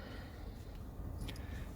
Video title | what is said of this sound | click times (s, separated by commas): How to Replace 2021 Toyota Highlander Key Fob Battery | and slide the key back in here click for that as well and you are done | 1.3 s